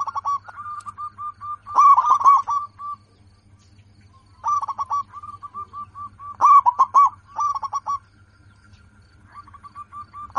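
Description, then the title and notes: Zebra dove cooing song in several loud bursts of quick, clipped notes, each trailing into softer even coos, with pauses between and a constant low hum behind. Local bird singing actively, with a loud, clear, crystal-like voice. "PERKUTUT LOKAL GACOR Suara KRISTAL LANTANG. Kicau Burung Perkutut"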